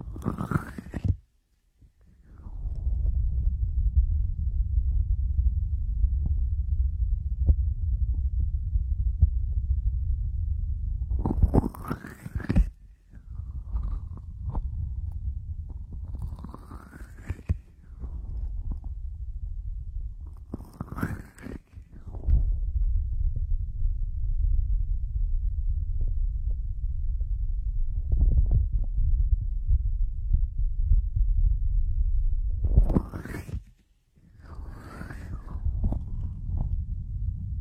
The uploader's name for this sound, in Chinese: 温热双手 按摩揉搓双耳